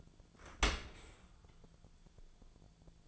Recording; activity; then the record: daily activity, microphone in the room; open dishwasher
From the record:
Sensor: 5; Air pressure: 1000.6 hPa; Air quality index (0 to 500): 148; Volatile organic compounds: 2 ppm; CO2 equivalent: 1140 ppm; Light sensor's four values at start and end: 40/92/40/43 and 41/93/40/43